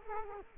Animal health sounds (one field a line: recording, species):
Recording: mosquito wingbeat signal from an infrared sensor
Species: Culex quinquefasciatus